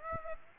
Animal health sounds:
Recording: mosquito wingbeat signal from an infrared sensor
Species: Aedes aegypti

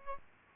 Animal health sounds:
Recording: mosquito wingbeat signal from an infrared sensor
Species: Aedes albopictus

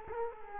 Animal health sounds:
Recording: mosquito wingbeat signal from an infrared sensor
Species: Culex quinquefasciatus

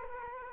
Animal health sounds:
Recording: mosquito wingbeat signal from an infrared sensor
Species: Culex quinquefasciatus

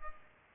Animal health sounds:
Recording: mosquito wingbeat signal from an infrared sensor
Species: Culex pipiens

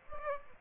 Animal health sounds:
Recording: mosquito wingbeat signal from an infrared sensor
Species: Aedes aegypti

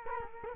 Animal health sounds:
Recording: mosquito wingbeat signal from an infrared sensor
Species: Culex quinquefasciatus

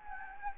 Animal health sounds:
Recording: mosquito wingbeat signal from an infrared sensor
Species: Anopheles gambiae

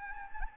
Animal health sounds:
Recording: mosquito wingbeat signal from an infrared sensor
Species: Anopheles gambiae

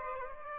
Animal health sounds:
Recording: mosquito wingbeat signal from an infrared sensor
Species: Aedes aegypti

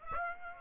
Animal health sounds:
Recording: mosquito wingbeat signal from an infrared sensor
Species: Aedes aegypti

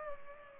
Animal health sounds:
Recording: mosquito wingbeat signal from an infrared sensor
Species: Culex pipiens

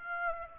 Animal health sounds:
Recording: mosquito wingbeat signal from an infrared sensor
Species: Aedes aegypti

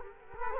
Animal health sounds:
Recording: mosquito wingbeat signal from an infrared sensor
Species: Culex quinquefasciatus

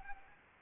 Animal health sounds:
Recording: mosquito wingbeat signal from an infrared sensor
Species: Anopheles gambiae

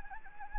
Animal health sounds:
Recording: mosquito wingbeat signal from an infrared sensor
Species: Anopheles gambiae

